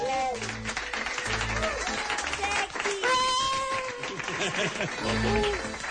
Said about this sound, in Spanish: Un aplauso para Piedraíta, Luis.